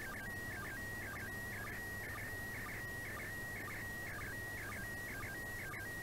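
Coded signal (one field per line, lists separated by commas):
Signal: SSTV (slow-scan television)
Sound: steady high whistle broken twice a second by warbling chirps and short low blips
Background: radio static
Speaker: i nareszcie udało się bardzo silny sygnał akurat rzem na taśmę tenel odu doł minuta widoczności piękny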